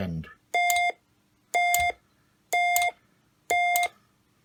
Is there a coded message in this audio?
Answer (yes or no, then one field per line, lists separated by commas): no